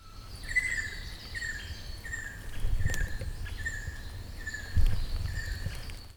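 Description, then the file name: Ruddy kingfisher song: a series of whistled notes, each sliding slightly downward, over a low rumbling background. "akasyobin"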